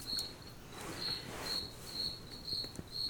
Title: C'nP Unprofessional editing with crickets and a calf